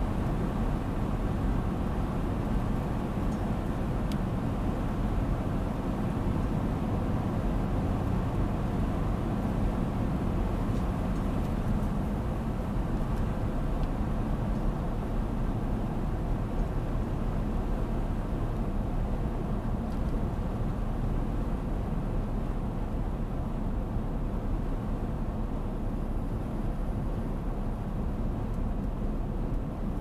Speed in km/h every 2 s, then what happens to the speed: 92, 91, 91, 90, 90, 89, 87, 84, 82, 80, 79, 76, 74, 72, 72.
0-9 steady at about 91. 9-30 slows to 72.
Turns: none.